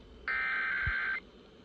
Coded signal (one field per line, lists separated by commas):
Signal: Emergency Alert System (SAME) tones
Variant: header bursts